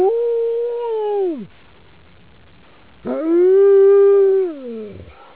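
Husky howling: two long howls, the first held steady then dropping away, the second rising sharply, held, then sliding down, with a quiet pause between them.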